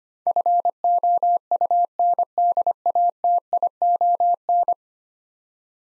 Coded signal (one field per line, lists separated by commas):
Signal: Morse code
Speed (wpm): 25 wpm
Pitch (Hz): 700 Hz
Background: none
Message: FOUNDATION